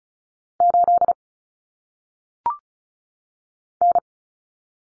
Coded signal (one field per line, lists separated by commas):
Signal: Morse code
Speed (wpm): 36 wpm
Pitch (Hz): 700 Hz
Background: none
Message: 8 N